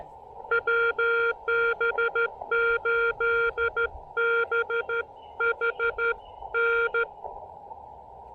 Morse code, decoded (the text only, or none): WB8BHN